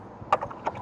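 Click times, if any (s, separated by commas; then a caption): 0.3 s. A wiring harness plug is pushed onto the socket of a new tail light assembly on a 2011–2013 Jeep Grand Cherokee. A sharp click sounds at 0.3 s, followed by smaller taps around 0.4, 0.5 and 0.7 s. The connector is seated.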